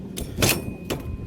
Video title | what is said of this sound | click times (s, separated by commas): etrailer - Spring-Loaded Pull Pins for Stromberg Carlson Landing Gear Review | essentially it locks into place on its own and | 0.4 s